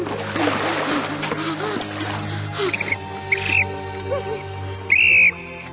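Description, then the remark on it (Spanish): A woman in the water shakily blows a whistle taken from the mouth of a dead officer: a couple of shrill, high blasts, a short wavering toot followed by a louder, longer blast, after a stretch of splashing, sloshing water and faint breathy noises. “Se lo quita y silba temblorosa.”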